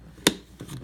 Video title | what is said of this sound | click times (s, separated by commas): Great meal portion control | You can hear them snapping. | 0.3 s